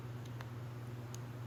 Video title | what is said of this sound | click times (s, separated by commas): Stihl MS250 Chainsaw: Sat for Years, Clean out Tank, Tear Carburetor Apart | And it clicks right into place. | 0.4 s, 1.1 s